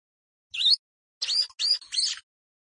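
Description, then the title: Prinia singing a short phrase of high, buzzy notes that sweep up and down, a lone note first and then three rapid ones. Rice field (sawah) habitat. "Ciblek Sawah 1"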